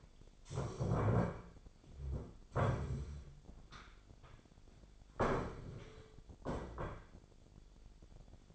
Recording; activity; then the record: daily activity, microphone in the room; stand up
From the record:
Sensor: 5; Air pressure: 1008.1 hPa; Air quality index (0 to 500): 154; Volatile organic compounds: 3 ppm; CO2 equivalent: 1474 ppm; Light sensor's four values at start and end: 58/163/63/63 and 58/163/63/63